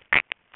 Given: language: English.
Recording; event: throat vibration sensor signal played as sound; swallow